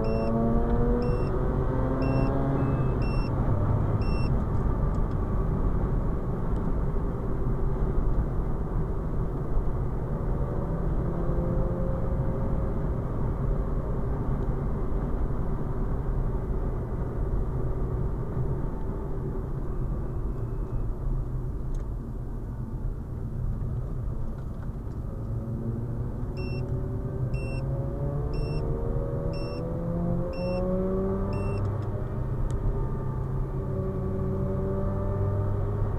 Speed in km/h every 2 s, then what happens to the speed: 87, 88, 79, 73, 72, 79, 76, 71, 66, 50, 40, 34, 39, 52, 58, 64, 61, 68.
2-6 brakes to 73. 6-11 steady at about 73. 11-21 brakes to 34. 21-29 speeds up to 64. 32-36 speeds up to 68.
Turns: 20-27.